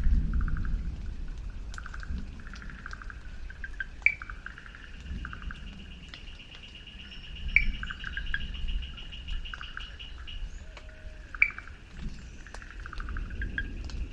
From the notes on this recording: From tropical forests to deserts to wetlands